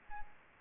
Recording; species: mosquito wingbeat signal from an infrared sensor; Aedes albopictus